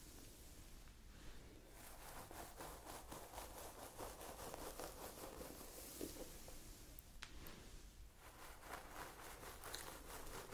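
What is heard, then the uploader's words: Hair being played with in ASMR style: rapid, regular rustling strokes run almost continuously, soft and hissy with a crisp top. The brushing thins out briefly around the eighth second, then picks back up, over a low steady rumble underneath. ASMR Playing with Your Hair.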